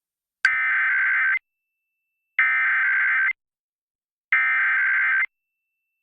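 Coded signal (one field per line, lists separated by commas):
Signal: Emergency Alert System (SAME) tones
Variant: header bursts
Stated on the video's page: San Diego EAS test.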